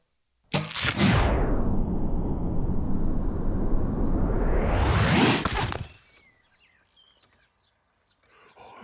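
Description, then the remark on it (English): An arrow shot by a woman in a Robin Hood archery contest, splitting another arrow: a loud, sustained whooshing rush for about five seconds ends in a sharp crack, followed by quiet birds chirping. “She has split the arrow!”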